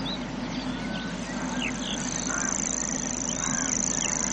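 Grasshopper warbler reeling song, a high, even, insect-like trill running unbroken throughout, with faint chirps of other birds and a low steady hum.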